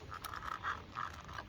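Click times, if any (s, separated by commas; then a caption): none. The female plug of a pedal-assist harness for a Talaria Sting e-bike is handled against the male throttle connector, with scraping and rustling and small sharp ticks near 0.3, 0.4, 0.5 and 1.0 seconds. Nothing has seated or clicked yet when the clip ends.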